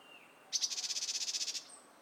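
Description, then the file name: Great tit giving a single fast, rattling burst of about a second. "Parus major"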